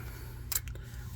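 A plastic secondary protector is slid up over a transmission cooler line fitting, after the C-clips are installed, during a 2015 Suburban 6L80/6L90 transmission thermostat delete. A sharp click at 0.6 s marks the protector seating into place, followed by two fainter ticks at about 0.7 s and 0.8 s over a low steady hum.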